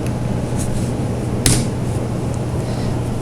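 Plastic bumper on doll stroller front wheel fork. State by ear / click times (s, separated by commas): seated / 1.5 s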